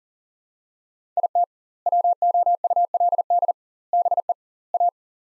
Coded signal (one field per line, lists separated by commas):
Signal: Morse code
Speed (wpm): 38 wpm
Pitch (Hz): 700 Hz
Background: none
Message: IT WOULD BE A